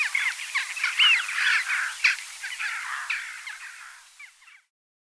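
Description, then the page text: Western jackdaw calls: a busy chorus of short, sharp calls overlapping one another, fading out before the end. Soundscape recording. "Western Jackdaw and Eurasian Wigeon Soundscape - Quick Sounds"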